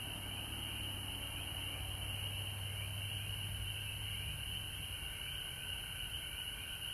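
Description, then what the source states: Frogs trilling together in a continuous high chorus, with a low hum through the first four seconds. Frogs recorded at home in Georgia on March 19, 2020.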